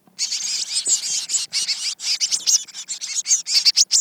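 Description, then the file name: Eurasian blue tit delivering a continuous rapid run of high, scratchy chatter notes, barely pausing over four seconds. "Cyanistes caeruleus"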